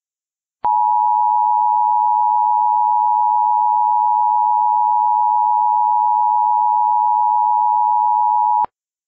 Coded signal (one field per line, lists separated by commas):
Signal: Emergency Alert System (SAME) tones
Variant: 853 and 960 Hz attention tone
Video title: *VALID TONES* A Collision To Repeat (EAS Scenario)